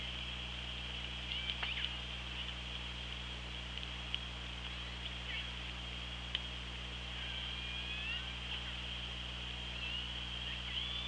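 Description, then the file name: Killer whale calls, faint sweeping tonal sounds rising and falling late, with scattered sharp clicks and constant underwater hiss. Recorded on the OrcaLab hydrophone, 24 August 2017, at 16:52. "Orca Lab 20170824 165228"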